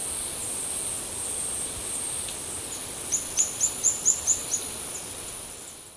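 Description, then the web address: Streaked xenops song: a quick run of about seven very high, thin notes, over a constant high insect drone. Recorded in Ecuador. "Natures Songs S America Birds of Ecuador Streaked Xenops"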